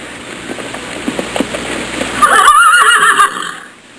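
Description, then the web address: Horse giving one quavering, trembling whinny after two seconds of soft tapping and shuffling sounds, the neigh wavering up and down before fading. "Soundsation. Animals Horse"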